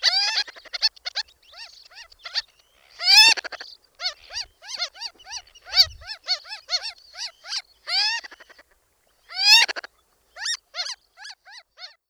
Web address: Zoo Field Guide. Ross's Gull